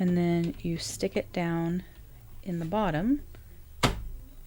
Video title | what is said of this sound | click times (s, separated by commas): Liene PixCut S1 Review + Unboxing - Print & Cut Stickers for Mother’s Day Planner Setup | until it clicks in and this is where it's going to take the paper and it's going to print | 3.8 s